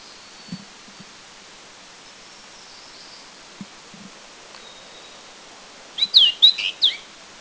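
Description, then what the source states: Collared bush robin song: a single brief phrase of high, sharp, squeaky notes arrives late, after several seconds of faint background and scattered soft thumps. Song recorded at Anmashan, Taiwan, in April 2010.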